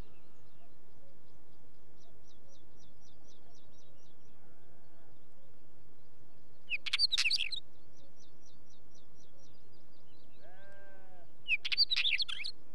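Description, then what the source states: Wheatear song in crackly, scratchy bursts, separated by fast high ticking runs, while a sheep bleats in the background. Recorded with sheep in the background.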